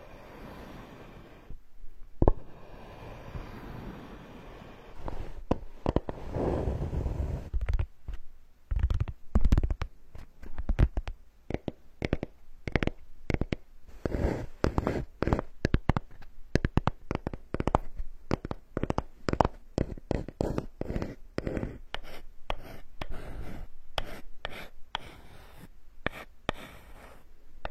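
Trigger sounds made on wooden blocks and boards. The first few seconds are mostly soft rubbing and scraping, then sharp taps and knocks take over from about ten seconds on, coming quickly and irregularly with brief pauses.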